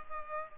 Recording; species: mosquito wingbeat signal from an infrared sensor; Culex pipiens